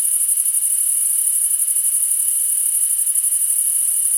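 Shrill cricket chirping in rapid, even pulses forming a constant high drone, with a thin steady tone underneath.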